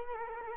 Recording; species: mosquito wingbeat signal from an infrared sensor; Culex quinquefasciatus